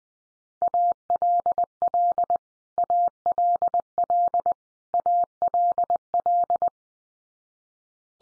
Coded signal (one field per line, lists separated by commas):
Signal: Morse code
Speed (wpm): 20 wpm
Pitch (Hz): 700 Hz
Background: none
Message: ALL ALL ALL